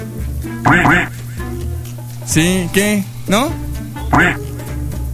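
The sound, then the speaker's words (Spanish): A frightened duckling quacks in a series of about five nasal, raspy bursts with short pauses between them, over a low steady hum, with a few brief spoken words mixed in. “Te espantaron al patito.”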